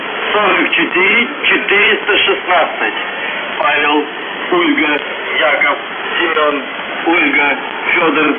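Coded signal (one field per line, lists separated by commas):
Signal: coded military voice message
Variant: UVB-76, Russian voice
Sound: a man's voice speaking steadily over noisy, muffled shortwave radio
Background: radio static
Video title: UVB-76/ The Buzzer Voice Message January 19, 2022 07:58 UTC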